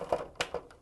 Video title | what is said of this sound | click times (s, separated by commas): Epson WF 7010 Install Quick Connect System - CIS for SubliJet Inks - | once you fill it fill it and hear it snap into place that one's installed | 0.4 s